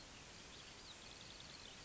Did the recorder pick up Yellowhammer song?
no